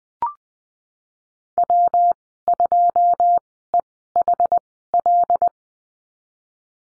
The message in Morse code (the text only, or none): W2EHL